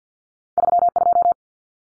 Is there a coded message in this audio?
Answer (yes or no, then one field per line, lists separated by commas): yes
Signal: Morse code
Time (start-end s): 0.6-1.3 s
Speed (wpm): 50 wpm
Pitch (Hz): 700 Hz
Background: none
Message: 32